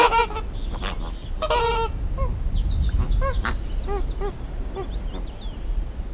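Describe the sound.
Greater flamingo honking calls: two loud nasal goose-like honks, then a run of short, lower gabbling notes and scattered higher chatter over a steady low rumble.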